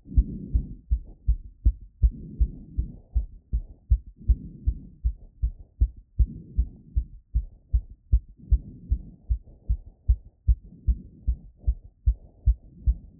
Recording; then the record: heart sounds by stethoscope after running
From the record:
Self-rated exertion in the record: vigorous exertion (4 of 6); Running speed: 7 mph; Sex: female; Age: 18 years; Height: 167 cm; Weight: 50 kg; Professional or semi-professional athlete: no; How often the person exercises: 1 to 2 times a week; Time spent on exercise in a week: 1 to 2 hours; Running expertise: no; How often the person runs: 1 to 2 times a week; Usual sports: running, walking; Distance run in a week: 1 to 2 km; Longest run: 6 km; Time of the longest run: 34 minutes